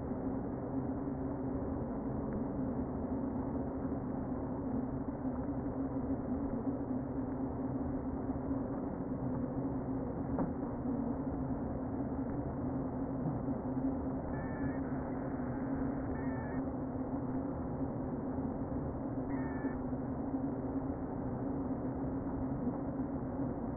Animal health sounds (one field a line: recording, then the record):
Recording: honeybee colony, microphone inside the hive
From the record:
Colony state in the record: queen present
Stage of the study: before two queens were removed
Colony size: about 60,000 bees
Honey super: yes